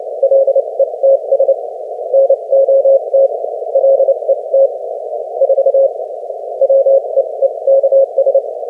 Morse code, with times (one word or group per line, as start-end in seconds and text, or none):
0.2-1.5 LETS
2.1-3.3 NOT
3.8-4.7 LET
5.4-5.9 4
6.6-8.4 WEEKS